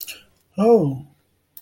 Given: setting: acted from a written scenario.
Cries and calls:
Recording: vocal sound without words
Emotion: disappointment

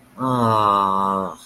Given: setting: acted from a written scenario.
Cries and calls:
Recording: vocal sound without words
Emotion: romantic love

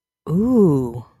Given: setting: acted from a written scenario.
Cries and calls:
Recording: vocal sound without words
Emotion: awe

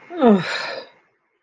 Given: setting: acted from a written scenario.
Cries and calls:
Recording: vocal sound without words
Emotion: embarrassment

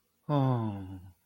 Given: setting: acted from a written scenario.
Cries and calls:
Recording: vocal sound without words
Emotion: romantic love

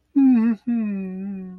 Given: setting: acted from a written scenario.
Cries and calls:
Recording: vocal sound without words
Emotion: romantic love

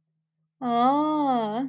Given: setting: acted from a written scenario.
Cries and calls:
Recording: vocal sound without words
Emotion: realization

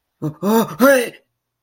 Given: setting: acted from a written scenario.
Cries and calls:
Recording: vocal sound without words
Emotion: negative surprise

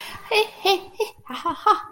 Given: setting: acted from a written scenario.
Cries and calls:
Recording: vocal sound without words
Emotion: triumph

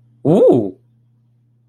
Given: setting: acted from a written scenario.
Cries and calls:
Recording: vocal sound without words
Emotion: positive surprise

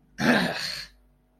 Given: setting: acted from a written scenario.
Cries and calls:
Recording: vocal sound without words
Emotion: negative surprise

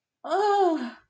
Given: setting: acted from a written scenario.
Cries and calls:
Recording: vocal sound without words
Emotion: negative surprise

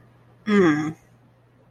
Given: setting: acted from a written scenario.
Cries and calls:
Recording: vocal sound without words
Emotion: disappointment

